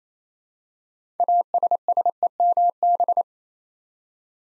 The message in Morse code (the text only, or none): ASSEMB